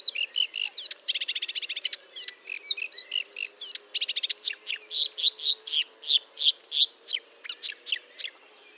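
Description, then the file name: Marsh warbler song, a rapid varied stream of chattering notes, buzzy trills and sharp repeated chips, with a faint low hum underneath. Recorded at Fontaine-Française (Fourneau), France, on 1 June 2022 at 10:55, using a Nagra recorder with a Telinga. "Rousserolle verderolle 20220601 1055 Fontaine-Francaise-Fourneau-Nagra-Telinga"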